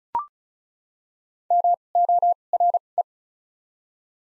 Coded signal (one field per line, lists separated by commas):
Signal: Morse code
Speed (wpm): 36 wpm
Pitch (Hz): 700 Hz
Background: none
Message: M O R E